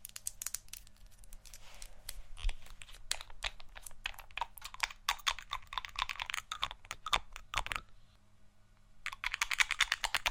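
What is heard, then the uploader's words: An assortment of ASMR triggers: dense, rapid tapping and clicking like fingers on a keyboard, with crinkly scratching textures woven between the taps. A low steady hum sits underneath. Around eight seconds the tapping pauses briefly, then a burst of bright crinkling resumes. ASMR Assortment Of Relaxing RED Triggers.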